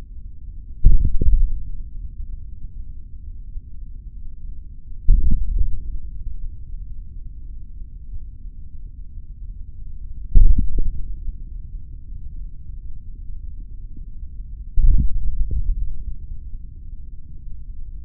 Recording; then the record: forearm muscle sounds (acoustic myography)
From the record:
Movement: tripod grip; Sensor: system 3, bracelet of six PUI Audio POM-2738L microphones around the upper forearm, with dedicated amplification and filtering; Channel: 1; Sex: male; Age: 26 years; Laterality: right